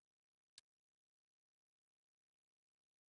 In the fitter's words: this just kind of slap snaps onto the side I should say just